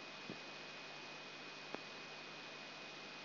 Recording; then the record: brain microelectrode recording played as sound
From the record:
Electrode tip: outside the subthalamic nucleus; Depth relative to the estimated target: -4 mm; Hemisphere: left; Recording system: AlphaMap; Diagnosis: Parkinson's disease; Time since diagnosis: 9 years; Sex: male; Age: 58 years